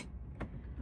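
The release on the presser foot holder of a Brother SM2700 sewing machine is pressed, and the metal snap-on presser foot drops off with a short, sharp click at 0.4 s over a steady low hum. The presser foot is released and comes free of the holder.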